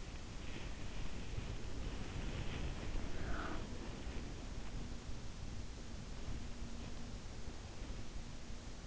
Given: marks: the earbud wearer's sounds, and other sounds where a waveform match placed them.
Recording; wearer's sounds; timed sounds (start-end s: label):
sounds in sleep by an in-ear microphone; breath
3.23-3.77 s: breath